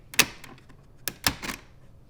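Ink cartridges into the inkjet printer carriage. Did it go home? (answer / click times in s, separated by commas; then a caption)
yes / 0.2 s, 1.1 s, 1.3 s. Ink cartridges in the carriage of an Epson edible ink inkjet printer are pushed down on their tabs to lock them in place. Sharp plastic clicks sound at 0.2, 1.1 and 1.3 seconds, with softer clatter in between. The cartridges are all seated and clicked in.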